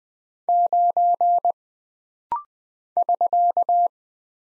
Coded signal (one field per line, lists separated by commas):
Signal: Morse code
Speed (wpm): 20 wpm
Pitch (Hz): 700 Hz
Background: none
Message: 9 <SK>